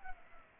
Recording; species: mosquito wingbeat signal from an infrared sensor; Culex pipiens